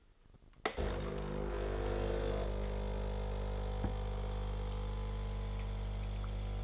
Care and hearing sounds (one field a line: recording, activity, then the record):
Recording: daily activity, microphone in the room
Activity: make coffee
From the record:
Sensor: 4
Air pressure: 995.9 hPa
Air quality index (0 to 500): 61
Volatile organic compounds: 2 ppm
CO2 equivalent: 1083 ppm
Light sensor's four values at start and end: 8/19/7/7 and 9/22/8/8